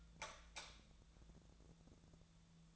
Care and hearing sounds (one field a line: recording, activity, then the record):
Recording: daily activity, microphone in the room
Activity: light off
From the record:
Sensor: 3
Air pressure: 1000.0 hPa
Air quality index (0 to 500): 123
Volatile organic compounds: 2 ppm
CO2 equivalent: 1105 ppm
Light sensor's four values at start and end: 40/103/43/47 and 37/94/40/44